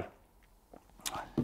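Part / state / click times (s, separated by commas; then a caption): helmet visor from helmet side mount / released / 1.1 s. A plastic visor on a Shoei J-O or Ex-Zero motorcycle helmet is being removed and pops off its side-plate mount with a sharp, bright snap at 1.1 s. Faint taps come before it at about 0.4 s and 0.7 s, and a duller knock follows at 1.4 s. The visor is released from the helmet side mount.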